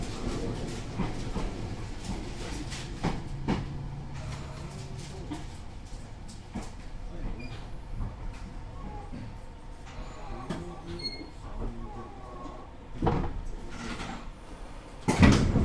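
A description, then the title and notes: Inside a 205-type train on the Tsurumi Line, a steady low rumble with rail clicks and faint motor tones, ending in a loud clunk. Tsurumi Line 205 Type, Asano to Ohgimachi. This is the Tsurumi Line of JR East, which runs in the Keihin industrial area of Tokyo. 平日の日中に乗車したのでほぼ貸し切り状態でした. ZOOM H2.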